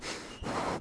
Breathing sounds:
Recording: one breath in and out by a microphone near the nose and mouth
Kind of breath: strong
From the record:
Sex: male

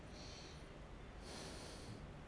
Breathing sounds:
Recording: one breath in and out by a microphone near the nose and mouth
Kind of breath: deep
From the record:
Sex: male

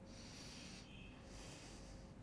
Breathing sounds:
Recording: one breath in and out by a microphone near the nose and mouth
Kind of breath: deep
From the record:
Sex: male

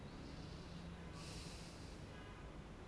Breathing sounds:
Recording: one breath in and out by a microphone near the nose and mouth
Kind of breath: normal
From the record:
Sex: male

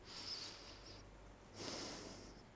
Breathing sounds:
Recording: one breath in and out by a microphone near the nose and mouth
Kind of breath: deep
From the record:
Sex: male

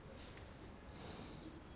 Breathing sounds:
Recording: one breath in and out by a microphone near the nose and mouth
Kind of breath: normal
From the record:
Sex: male

